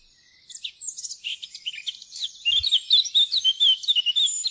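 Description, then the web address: Eurasian blackcap song, a fast, varied warble of high twittering notes that grows louder and fuller in its second half. "fuglelyder munk"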